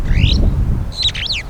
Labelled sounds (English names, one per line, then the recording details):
Superb Starling flight call
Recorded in Kenya